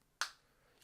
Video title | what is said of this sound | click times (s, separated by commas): Ford Expedition Key Fob Battery Replacement (2018–2025) - CR2450 DIY Guide | You can hear it snap. | 0.2 s